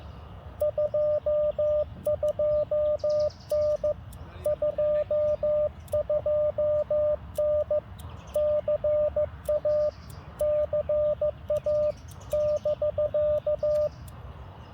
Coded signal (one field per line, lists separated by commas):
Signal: Morse code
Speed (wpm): 15 wpm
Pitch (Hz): 600 Hz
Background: none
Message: 22N 22N CA CA <BK>